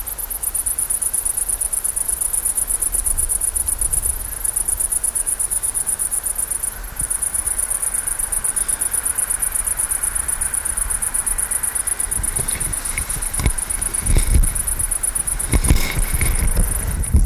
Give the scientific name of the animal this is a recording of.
Tettigonia viridissima